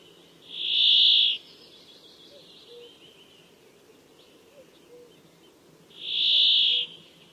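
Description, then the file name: Brambling song: two buzzy, drawn-out wheezes about five seconds apart. "canto do tentilhao montes"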